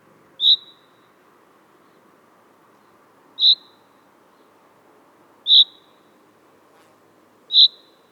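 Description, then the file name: Common chaffinch repeating a short, high, clipped call note four times, every two to three seconds, in a quiet setting. "Fringilla coelebs"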